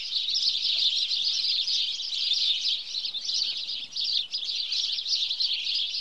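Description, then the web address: House sparrow chirps, a noisy flock chattering continuously with rapid overlapping notes, easing slightly for moments before resuming. "The BBC Sound Effects Library. House Sparrow (Passer Domesticus)"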